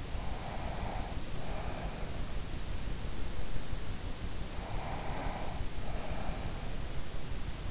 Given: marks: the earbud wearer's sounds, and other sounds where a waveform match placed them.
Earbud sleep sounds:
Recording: sounds in sleep by an in-ear microphone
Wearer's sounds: breath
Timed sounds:
0.00-2.72 s: breath
4.45-6.64 s: breath

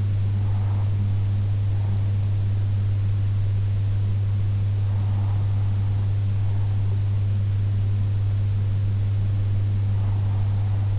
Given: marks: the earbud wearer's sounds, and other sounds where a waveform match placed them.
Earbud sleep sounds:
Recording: sounds in sleep by an in-ear microphone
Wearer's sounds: breath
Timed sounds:
0.00-1.99 s: breath
3.99-5.99 s: breath
8.99-10.99 s: breath

